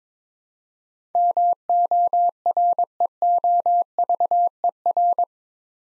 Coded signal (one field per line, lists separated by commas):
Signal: Morse code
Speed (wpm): 23 wpm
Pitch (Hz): 700 Hz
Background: none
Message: MOREOVER